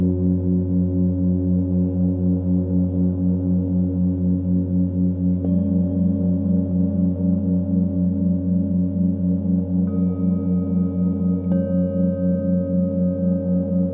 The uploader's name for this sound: F# Heart Chakra Singing Bowls with 4 hz binaural beat